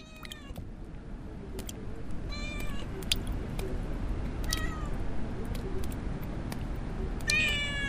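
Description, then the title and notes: Domestic cat giving several short, thin meows scattered throughout, with frequent sharp clicks and a steady low rumble in the background. A little cat meowing in a braçal, captured as a field recording in the village of Alvoco das Várzeas, Oliveira do Hospital, Portugal. "gato do braçal. gravacao de campo na aldeia de alvoco das varzeas, oliveira do hospital o miar de um gato no bracal field recordings in alvoco das varzeas, portugal the sound of a little cat"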